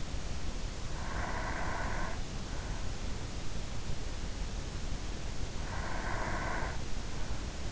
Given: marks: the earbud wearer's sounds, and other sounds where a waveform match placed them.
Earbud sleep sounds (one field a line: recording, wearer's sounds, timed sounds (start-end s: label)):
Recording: sounds in sleep by an in-ear microphone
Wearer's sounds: breath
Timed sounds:
0.70-2.54 s: breath
4.88-7.72 s: breath